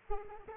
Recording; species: mosquito wingbeat signal from an infrared sensor; Aedes aegypti